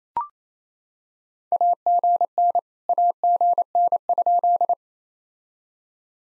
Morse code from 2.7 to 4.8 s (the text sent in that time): AGN?